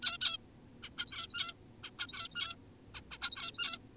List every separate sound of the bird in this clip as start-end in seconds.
0.02-0.18, 0.21-0.37, 0.83-0.90, 0.98-1.54, 1.84-1.91, 1.98-2.56, 2.94-3.01, 3.11-3.18, 3.22-3.78